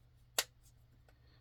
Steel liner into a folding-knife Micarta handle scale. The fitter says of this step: pops right in there